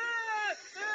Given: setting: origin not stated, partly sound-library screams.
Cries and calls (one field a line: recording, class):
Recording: one-second piece from a danger detection set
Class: woman in danger